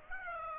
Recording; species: mosquito wingbeat signal from an infrared sensor; Aedes aegypti